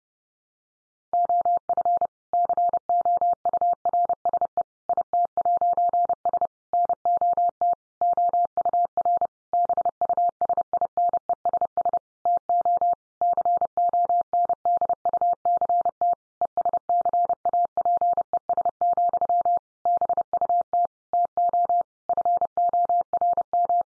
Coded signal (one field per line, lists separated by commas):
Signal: Morse code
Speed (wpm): 30 wpm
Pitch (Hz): 700 Hz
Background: none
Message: OF COURSE IT'S NOT OUR BUSINESS TO CONDUCT ESCAPES, BUT TO FORM